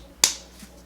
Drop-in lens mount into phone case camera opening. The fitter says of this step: and it should just snap right in.